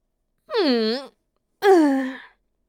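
A sleepy woman yawns in a wooden Japanese-style house, reluctant to get up, in two drawn-out, voiced breaths, the first wavering and moaning, the second higher and sliding downward into a sigh, with a short pause between them.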